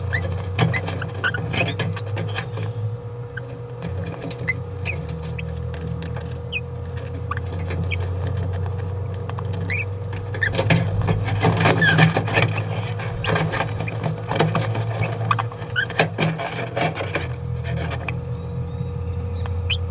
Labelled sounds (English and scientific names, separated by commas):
Green-rumped Parrotlet (Forpus passerinus) babbling